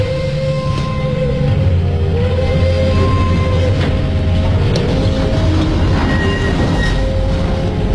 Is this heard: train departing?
yes